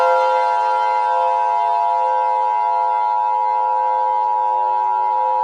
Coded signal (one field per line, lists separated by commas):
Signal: Emergency Alert System (SAME) tones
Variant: 853 and 960 Hz attention tone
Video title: EAS Scenario #41: All Falls Down